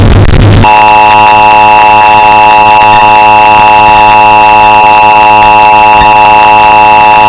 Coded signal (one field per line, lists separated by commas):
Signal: Emergency Alert System (SAME) tones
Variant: 853 and 960 Hz attention tone